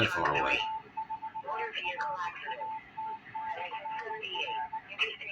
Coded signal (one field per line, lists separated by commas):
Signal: Morse code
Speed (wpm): 20 wpm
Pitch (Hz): 880 Hz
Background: speech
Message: W4RAT/R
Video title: RTL-SDR Dongle making adjustments with Gavin KA4JKL